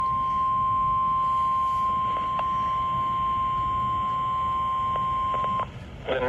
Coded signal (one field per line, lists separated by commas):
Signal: Emergency Alert System (SAME) tones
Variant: 1050 Hz attention tone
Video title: (EAS #382) Severe Thunderstorm Warning for Walworth, Racine, and Waukesha, Wisconsin